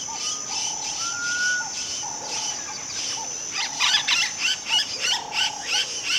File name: Sound Ideas - West Africa Country with Intense Birds Singing